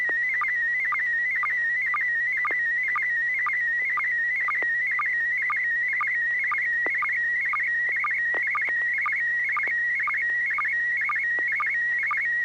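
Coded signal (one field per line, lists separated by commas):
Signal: SSTV (slow-scan television)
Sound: warbling whistle near 2 kHz with rapid regular low blips, steady throughout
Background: low hum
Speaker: The picture came through very well. Hardly any of those little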